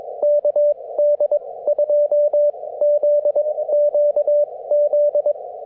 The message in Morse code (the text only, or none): KD2ZQZ